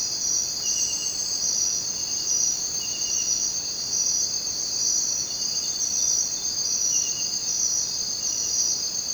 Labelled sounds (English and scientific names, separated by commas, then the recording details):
none
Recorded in dense forest near Puerto Asís, Putumayo, Colombia, on 23 June 2025 at 02:00
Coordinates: 0.484, -76.317
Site G045